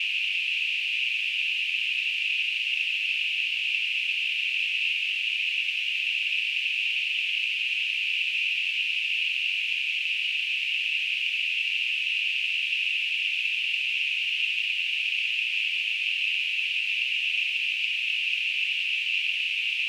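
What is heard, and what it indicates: Simulated tinnitus: a steady, continuous high-pitched hiss concentrated around 2–3 kHz, unchanging in level throughout.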